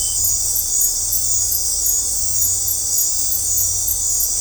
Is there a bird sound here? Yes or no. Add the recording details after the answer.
no. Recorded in dense forest near Puerto Asís, Putumayo, Colombia, on 15 December 2024 at 20:30. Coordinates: 0.503, -76.323. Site G043